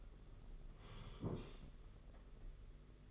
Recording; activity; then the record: daily activity, microphone in the room; sit down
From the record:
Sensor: 4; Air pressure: 992.4 hPa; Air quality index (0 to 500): 117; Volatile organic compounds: 26 ppm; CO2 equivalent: 2863 ppm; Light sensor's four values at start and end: 20/72/26/27 and 20/72/26/27